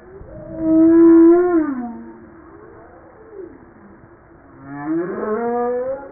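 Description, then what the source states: Humpback whale song: a loud drawn-out moan bending downward, a quiet pause, then a rising harmonic wail. Recorded 5 March 1994.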